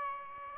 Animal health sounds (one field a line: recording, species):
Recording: mosquito wingbeat signal from an infrared sensor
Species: Aedes aegypti